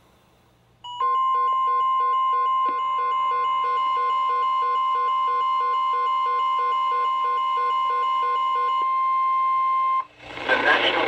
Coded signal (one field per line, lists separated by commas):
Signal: Emergency Alert System (SAME) tones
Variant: 1050 Hz attention tone